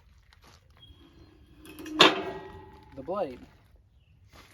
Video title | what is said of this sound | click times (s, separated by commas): King Kutter 8 Ft Heavy Duty Grader Blade First Look And Walkaround #180 | and then that thing has a good positive lock into place | 2.0 s